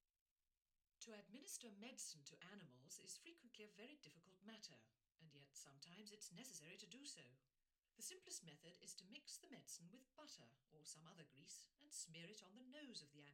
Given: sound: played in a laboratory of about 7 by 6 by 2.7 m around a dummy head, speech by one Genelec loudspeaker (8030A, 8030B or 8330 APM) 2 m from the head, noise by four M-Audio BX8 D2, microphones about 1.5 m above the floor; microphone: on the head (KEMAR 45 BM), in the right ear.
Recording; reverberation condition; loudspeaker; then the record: female speech in English; low; 30 degrees to the right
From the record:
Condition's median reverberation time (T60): about 310 ms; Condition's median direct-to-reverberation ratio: about 3.5 dB